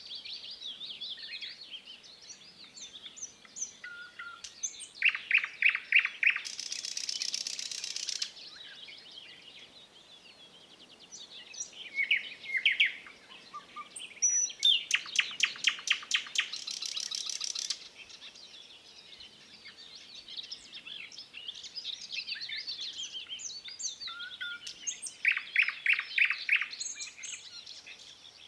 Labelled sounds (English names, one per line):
Thrush Nightingale song